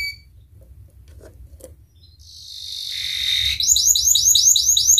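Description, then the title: Atlantic canary song: a quiet start, then a buzzy trill growing louder that breaks into fast repeated sweeping notes, with a low hum underneath. Canary singing actively (gacor) with the best cengkok phrasing and rich isian fill notes. "Kenari Gacor Cengkok Terbaik Isian Paling Mewah"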